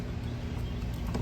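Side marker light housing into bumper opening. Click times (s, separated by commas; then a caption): 1.1 s. A plastic side marker light housing is pushed into its opening in the bumper of a 2020 Mustang GT over a steady low background hum. A short, sharp click sounds at 1.2 s, showing the housing has seated in place.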